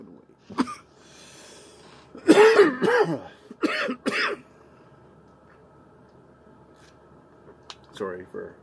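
An adult coughs while smoking cannabis: a single short bark, then a cluster of three or four rough, partly voiced coughs, and a softer pair near the end. The coughs are harsh and irregular, like throat irritation, in a quiet indoor room.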